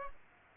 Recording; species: mosquito wingbeat signal from an infrared sensor; Aedes aegypti